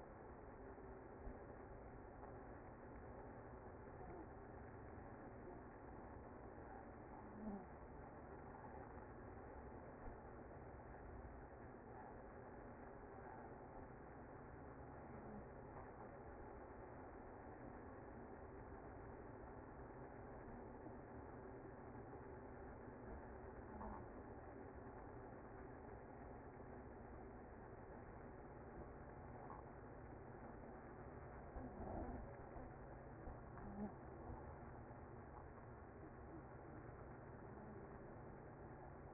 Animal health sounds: honeybee colony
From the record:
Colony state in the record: active

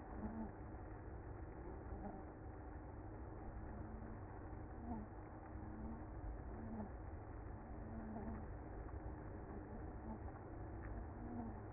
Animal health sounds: honeybee colony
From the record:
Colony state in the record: active

